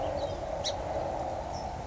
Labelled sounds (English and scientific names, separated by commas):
Song Sparrow (Melospiza melodia)